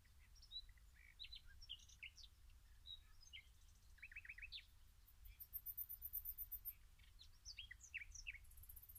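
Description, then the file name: Common nightingale song with scattered sharp chirps, then a fast rattling series of repeated notes, over low noise. "Luscinia megarhynchos"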